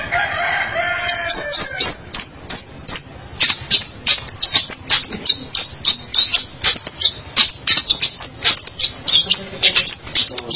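Long-tailed shrike song: a fast series of sharp, high chipping notes, with a brief lower scratchy phrase at the start.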